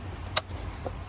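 The plastic fuse box cover on a 2003–2007 Nissan Murano is pressed down at one corner until its latch clicks shut onto the fuse box. A sharp, bright click is heard at 0.4 s, followed by a much softer sound at 0.9 s over a low background hum. The cover is seated and tight.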